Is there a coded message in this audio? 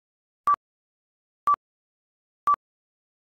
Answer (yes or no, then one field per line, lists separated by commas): no